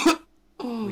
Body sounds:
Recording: coughing mixed with background sound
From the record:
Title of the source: 64 coughing, allergies, singing lungs

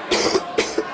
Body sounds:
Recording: coughing mixed with background sound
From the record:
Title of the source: 61 morning phlegmy cough...again

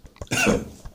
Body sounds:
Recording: coughing mixed with background sound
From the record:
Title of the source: Spring Cold Coughing.

